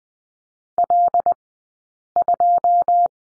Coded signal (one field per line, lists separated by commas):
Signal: Morse code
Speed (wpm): 20 wpm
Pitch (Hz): 700 Hz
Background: none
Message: L2